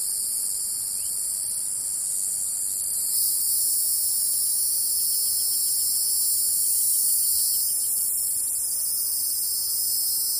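Cicada droning in a dense, shrill unbroken hiss, slightly louder after a few seconds.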